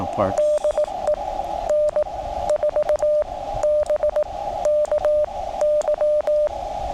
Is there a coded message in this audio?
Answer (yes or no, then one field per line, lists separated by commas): yes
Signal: Morse code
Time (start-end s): 0.4-6.5 s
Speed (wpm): 18 wpm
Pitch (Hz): 600 Hz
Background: speech, radio noise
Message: DE N4BKY